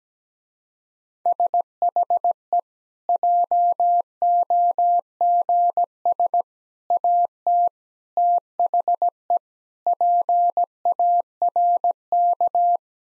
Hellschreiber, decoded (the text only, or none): none